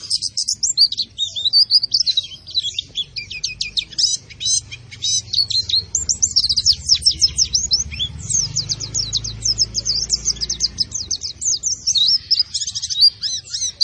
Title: Pleci Gacor Tanpa Doping Hanya Pake Pisang